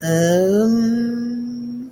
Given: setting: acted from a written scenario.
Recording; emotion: vocal sound without words; embarrassment